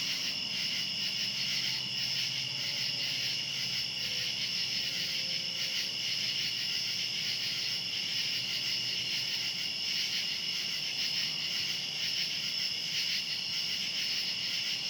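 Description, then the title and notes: Cicadas giving a relentless high buzz in two bands that stay level throughout. Cicadas calling outdoors at night. "Ext. Cicadas, Night by Bandeto"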